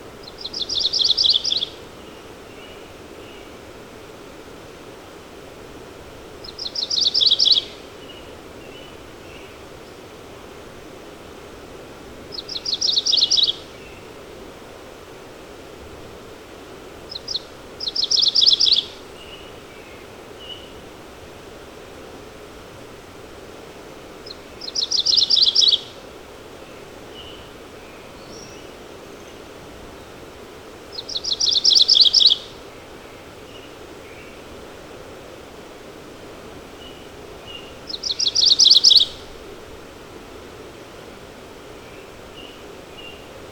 MacGillivray's Warbler song recorded on the Fern Lake Trail in Rocky Mountain National Park.